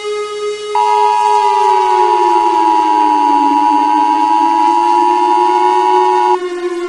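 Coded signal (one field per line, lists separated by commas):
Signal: Emergency Alert System (SAME) tones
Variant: 853 and 960 Hz attention tone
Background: music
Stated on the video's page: Fictional EAS scenario.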